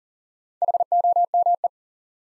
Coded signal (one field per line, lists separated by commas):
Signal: Morse code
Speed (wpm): 40 wpm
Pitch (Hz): 700 Hz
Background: none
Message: HOME